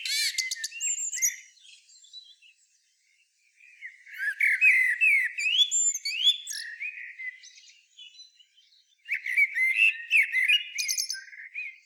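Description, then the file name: Common blackbird song in three phrases, each a mix of mellow rising whistles and shrill, high twittering notes, with quiet gaps between them. "Turdus merula"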